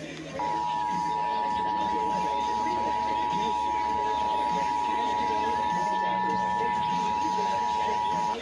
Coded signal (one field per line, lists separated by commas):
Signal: Emergency Alert System (SAME) tones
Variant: 853 and 960 Hz attention tone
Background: speech